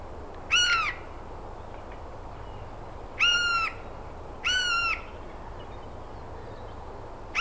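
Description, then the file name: Eurasian jay giving three hoarse, nasal screeches spaced irregularly, the last two closer together, with another just starting at the end, over steady background noise. "Garrulus glandarius"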